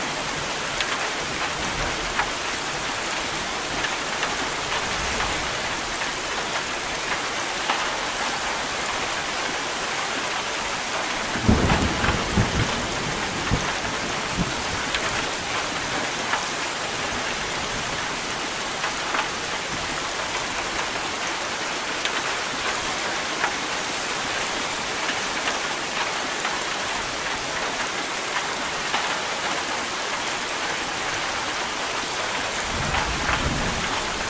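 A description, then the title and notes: Steady, dense rain hisses throughout, with low rumbles of thunder rolling in around eleven seconds and again near the end. Nature Sounds Rain and Thunder.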